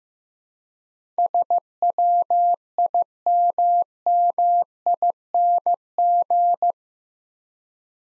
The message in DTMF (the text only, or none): none